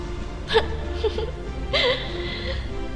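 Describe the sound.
The character Chu Tái Kinh, a woman, bursts into tears, sobbing in a few ragged, catching bursts, breathy gasps with wavering high whimpers between them, fairly loud against a low steady background hum.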